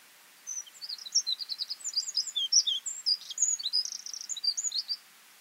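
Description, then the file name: Eurasian wren song, a single hurried cascade of sharp high notes and trills for roughly four and a half seconds, light hiss behind. "Troglodytes troglodytes"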